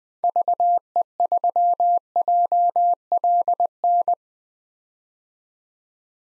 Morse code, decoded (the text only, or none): VE3JLN